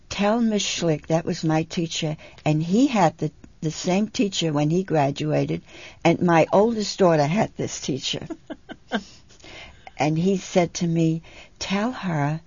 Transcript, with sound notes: "Tell Miss Schlick," that was my teacher, and he had the same teacher when he graduated, and my oldest daughter had this teacher. (laughs) And he said to me, "Tell her